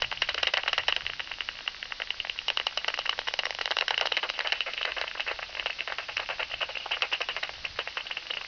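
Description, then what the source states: Bat echolocation, a rapid rattle of sharp clicks, busy and uneven, with occasional louder ticks standing out from the stream. Bat calls on 27 August 2002.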